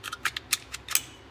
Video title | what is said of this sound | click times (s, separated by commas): Star Megastar - a .45 ACP masterpiece | right in how about that look at that it just clicked right in super easy | 1.0 s